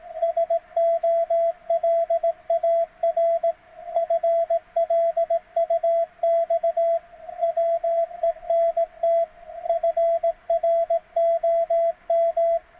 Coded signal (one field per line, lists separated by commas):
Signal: Morse code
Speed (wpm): 18 wpm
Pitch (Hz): 660 Hz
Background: radio noise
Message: SOLAR FLUX WENT FROM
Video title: CW Ain't For Machines!